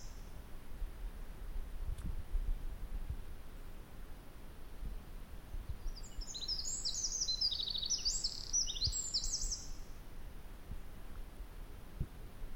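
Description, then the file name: Eurasian wren singing one rapid burst of high, tumbling trills and chips for about four seconds midway, with steady low rumbling noise before and after. "Troglodytes troglodytes"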